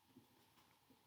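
A plastic turnbuckle ball cup is handled and pressed toward its ball stud on a Team Associated SC6.2 RC car after the turnbuckle is reversed. Only faint, soft handling bumps are heard against a low, steady background. Nothing has snapped or seated yet.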